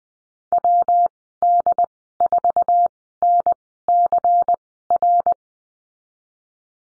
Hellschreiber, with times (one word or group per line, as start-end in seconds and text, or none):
none